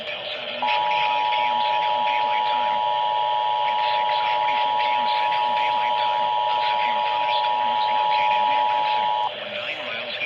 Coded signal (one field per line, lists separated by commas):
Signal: Emergency Alert System (SAME) tones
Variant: 853 and 960 Hz attention tone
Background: speech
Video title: LOOK AT IT ALL MESSAGE TO NOTIFICATIONS... EAS Alerts from 9/21/25 (EAS#4,669 - 4,687)